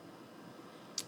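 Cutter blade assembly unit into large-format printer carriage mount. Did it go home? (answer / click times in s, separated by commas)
yes / 1.0 s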